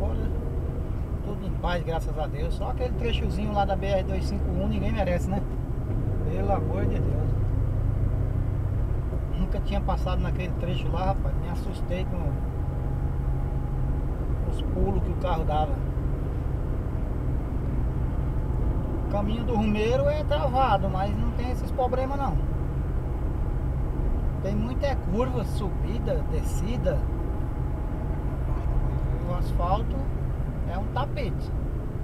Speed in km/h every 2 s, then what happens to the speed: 62, 68, 74, 76, 77, 78, 79, 81, 81, 80, 79, 78, 78, 80, 74, 64.
0-4 speeds up to 74. 4-26 steady at about 78. 26-32 slows to 64.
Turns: none.